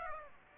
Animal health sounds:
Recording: mosquito wingbeat signal from an infrared sensor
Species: Aedes aegypti

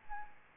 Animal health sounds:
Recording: mosquito wingbeat signal from an infrared sensor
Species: Aedes albopictus

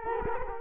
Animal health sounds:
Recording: mosquito wingbeat signal from an infrared sensor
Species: Culex quinquefasciatus

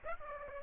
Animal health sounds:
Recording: mosquito wingbeat signal from an infrared sensor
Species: Aedes aegypti

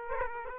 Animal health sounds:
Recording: mosquito wingbeat signal from an infrared sensor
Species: Aedes aegypti

